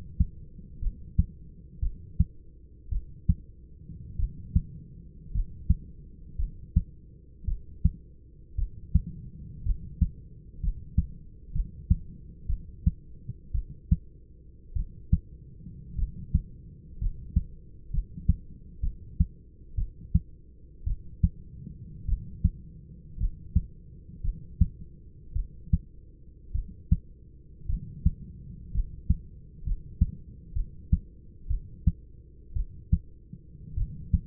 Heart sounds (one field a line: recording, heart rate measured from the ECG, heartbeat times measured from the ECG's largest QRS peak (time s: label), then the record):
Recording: heart sounds by stethoscope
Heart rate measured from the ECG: 56 bpm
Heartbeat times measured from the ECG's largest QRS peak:
0.80 s: heartbeat
1.80 s: heartbeat
2.90 s: heartbeat
4.17 s: heartbeat
5.32 s: heartbeat
6.37 s: heartbeat
7.45 s: heartbeat
8.56 s: heartbeat
9.64 s: heartbeat
10.60 s: heartbeat
11.52 s: heartbeat
12.47 s: heartbeat
13.52 s: heartbeat
14.74 s: heartbeat
15.96 s: heartbeat
16.99 s: heartbeat
17.91 s: heartbeat
18.81 s: heartbeat
19.76 s: heartbeat
20.84 s: heartbeat
22.06 s: heartbeat
23.18 s: heartbeat
24.22 s: heartbeat
25.33 s: heartbeat
26.52 s: heartbeat
27.67 s: heartbeat
28.72 s: heartbeat
29.64 s: heartbeat
30.54 s: heartbeat
31.48 s: heartbeat
32.54 s: heartbeat
33.75 s: heartbeat
From the record:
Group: healthy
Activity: cold pressor test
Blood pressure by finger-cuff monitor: 131/56 mmHg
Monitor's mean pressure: 81 mmHg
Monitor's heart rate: 56 bpm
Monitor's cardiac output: 6.6 L/min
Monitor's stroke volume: 118 mL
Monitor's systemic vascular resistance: 910 dyn s/cm5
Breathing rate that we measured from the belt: 10 breaths a minute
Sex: male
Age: 25 years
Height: 170 cm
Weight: 70.4 kg